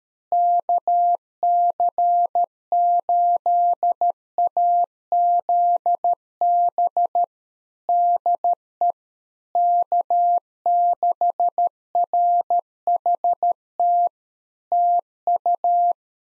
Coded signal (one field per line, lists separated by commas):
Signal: Morse code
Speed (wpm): 13 wpm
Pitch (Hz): 700 Hz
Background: none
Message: KC8AZB DE K6RHT TU